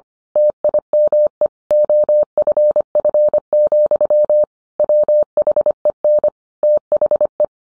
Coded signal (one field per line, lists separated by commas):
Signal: Morse code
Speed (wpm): 25 wpm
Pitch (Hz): 600 Hz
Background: none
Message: TIME OFF, WHEN THE